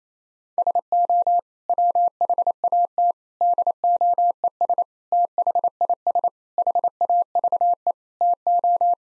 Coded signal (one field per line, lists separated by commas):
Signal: Morse code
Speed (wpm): 28 wpm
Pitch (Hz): 700 Hz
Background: none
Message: SO WHAT DOES THIS HAVE TO